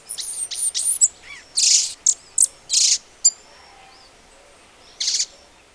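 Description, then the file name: Violaceous euphonia calls: a jumble of high, sharp chips, buzzy bursts and short downslurred notes, then, after a pause, a brief buzzy phrase near the end. "gaturamoverdadeiro"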